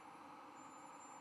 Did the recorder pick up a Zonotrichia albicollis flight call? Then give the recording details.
no. No flight call is heard. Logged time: 11:02 on 11 November 2014